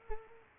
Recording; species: mosquito wingbeat signal from an infrared sensor; Culex quinquefasciatus